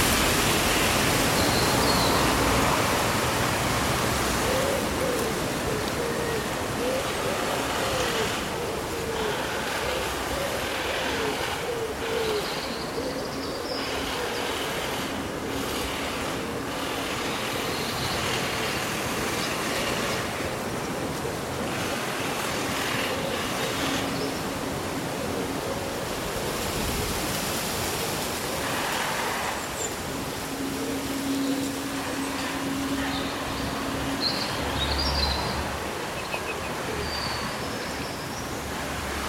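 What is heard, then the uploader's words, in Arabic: Gusty summer wind keeps leaves rustling in a dense, steady hiss that swells slightly at times, with a few faint bird chirps. يوم صيفي عاصف مع همس الأوراق وغناء الطيور. تخيل نفسك في مستنقع مشمس، محاطًا بأشجار مهيبة تتأرجح بلطف في نسمات الهواء اللطيفة. ترتجف الأوراق بلطف كما لو أنها تشارك الرياح أسرارًا.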